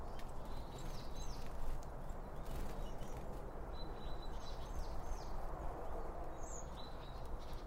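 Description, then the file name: A bird gives a few short groups of quick, high downslurred chirps over a loud, constant low rumble. Birds around a bird feeding spot, recorded with two Line Audio OM1 microphones. "Birds Around Birdfeeding With Two Om 1 From Line Audio"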